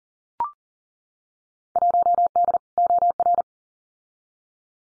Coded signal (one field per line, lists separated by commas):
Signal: Morse code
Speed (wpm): 41 wpm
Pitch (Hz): 700 Hz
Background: none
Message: 1D OR